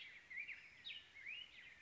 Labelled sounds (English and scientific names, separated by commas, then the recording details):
Black-headed Grosbeak (Pheucticus melanocephalus)
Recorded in Sonoma County, California